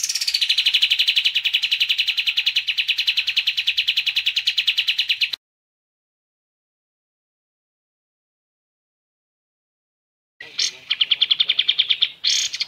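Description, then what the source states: Sooty-headed bulbul song: a long, fast trill of evenly repeated notes for about five seconds, then silence before the rapid trill starts again. Masteran recording used for training songbirds.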